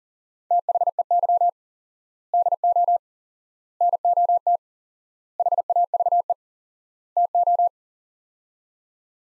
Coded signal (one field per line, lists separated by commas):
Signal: Morse code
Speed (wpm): 40 wpm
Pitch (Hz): 700 Hz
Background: none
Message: THEY DO NOT HAVE TO